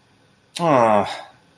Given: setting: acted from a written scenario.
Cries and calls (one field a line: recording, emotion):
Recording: vocal sound without words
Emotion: disappointment